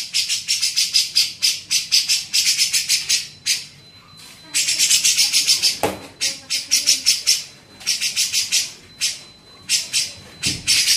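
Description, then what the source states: Grey-cheeked bulbul giving scratchy chattering bursts in several runs, with a couple of soft knocks and a faint steady high tone. Cucak jenggot, masteran training recording for teaching songbirds.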